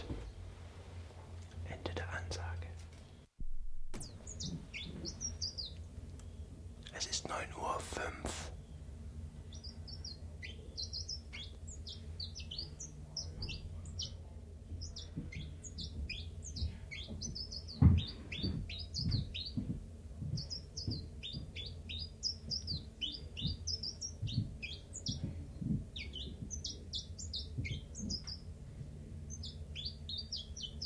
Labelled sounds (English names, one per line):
Common Chiffchaff